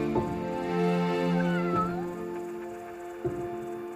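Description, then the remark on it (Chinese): A cat meows in a drawn-out, wavering cry that rises and falls in pitch, followed by a couple of shorter, sharper calls, with no one speaking. “我打算放弃那只猫，为它找个更好的主人。”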